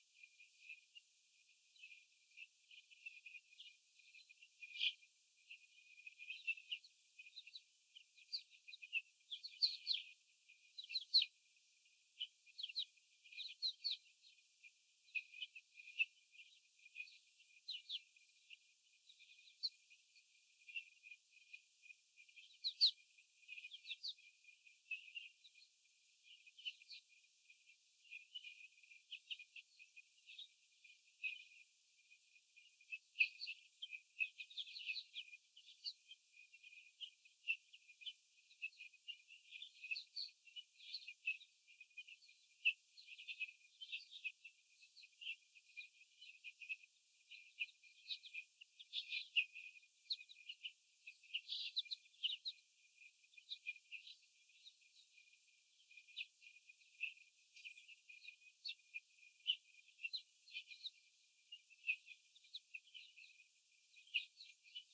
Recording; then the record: young laying hens in a cage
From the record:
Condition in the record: after the stressor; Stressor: sudden umbrella opening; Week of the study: 3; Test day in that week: 2